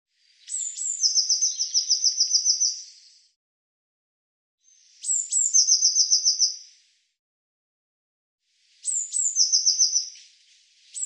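Eurasian blue tit calling: two or three very high thin notes, then a rapid buzzy trill, repeated at about four-second intervals on a silent background.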